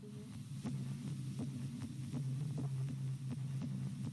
That's someone's heartbeat. It also happens to be on a beach. Let alone in Japan.